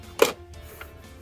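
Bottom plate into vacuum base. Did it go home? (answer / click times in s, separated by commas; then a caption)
yes / 0.2 s. A plastic bottom plate is lined up with the front lip and pressed onto the base of a Riccar Vibrance upright vacuum, giving a sharp, bright click at 0.2 s, followed later by a faint tick near 0.8 s. The plate sits with no gap and is clipped in.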